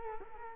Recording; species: mosquito wingbeat signal from an infrared sensor; Culex quinquefasciatus